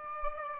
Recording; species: mosquito wingbeat signal from an infrared sensor; Aedes aegypti